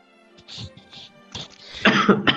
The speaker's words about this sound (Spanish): Perdón por la tos. Y perdón por la tos.